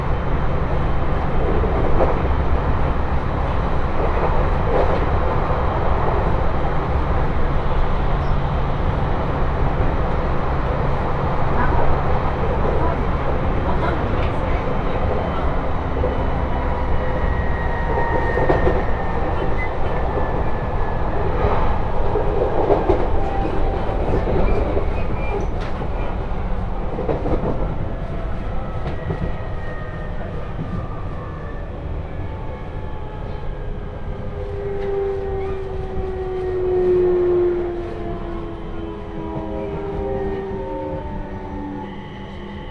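A ride on the Tohoku Main Line train between Koriyama and Fukushima, with a steady low rumble of the carriage running on the rails throughout. Brief clattering bursts and whining tones that rise and fall come and go, and faint voices appear now and then.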